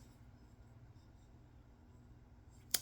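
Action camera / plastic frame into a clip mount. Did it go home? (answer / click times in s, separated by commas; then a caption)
yes / 2.8 s. A small action camera, or its plastic frame, is fitted into a plastic clip mount over a low, steady background hum. A single sharp snap at 2.8 s marks the part seating in the mount. No one talks during the clip.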